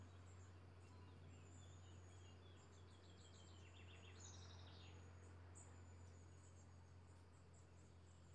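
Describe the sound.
Bird chirps come in short high runs near the middle, with faint thin notes scattered across, beneath a loud constant low hum.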